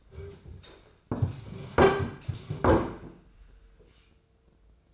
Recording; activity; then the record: daily activity, microphone in the room; sit down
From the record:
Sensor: 2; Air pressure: 995.8 hPa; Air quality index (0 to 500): 241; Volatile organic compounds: 1000 ppm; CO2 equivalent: 5948 ppm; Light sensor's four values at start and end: 25/60/26/29 and 27/65/28/32